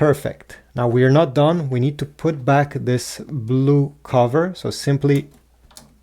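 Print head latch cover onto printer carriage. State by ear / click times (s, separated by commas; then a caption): seated / 5.8 s. Someone talks, then the blue plastic print head latch cover is pushed down onto the printer carriage of an HP Smart Tank 5000 printer. It clicks shut at 5.8 s, and the cover is seated closed.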